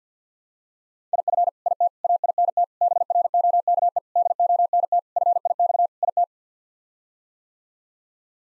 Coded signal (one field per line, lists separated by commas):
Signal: Morse code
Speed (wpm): 50 wpm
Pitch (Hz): 700 Hz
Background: none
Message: IF IT AINT BROKE DONT FIX IT